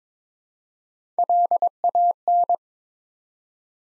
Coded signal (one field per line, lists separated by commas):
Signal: Morse code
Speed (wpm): 22 wpm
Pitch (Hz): 700 Hz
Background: none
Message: LAN